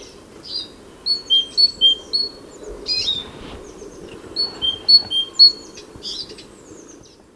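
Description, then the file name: Great tit giving paired high-low whistled notes in two bursts, with softer chirps between the phrases. "Parus major"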